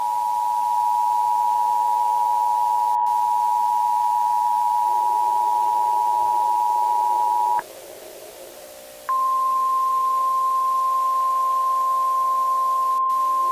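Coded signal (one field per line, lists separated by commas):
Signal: Emergency Alert System (SAME) tones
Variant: 853 and 960 Hz attention tone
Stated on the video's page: Fictional EAS scenario, not a real alert.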